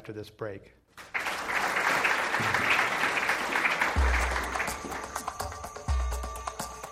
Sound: applause

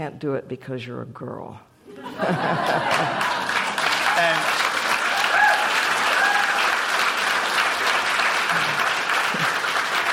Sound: applause

